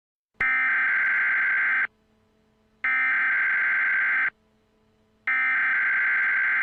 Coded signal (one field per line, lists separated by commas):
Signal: Emergency Alert System (SAME) tones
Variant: header bursts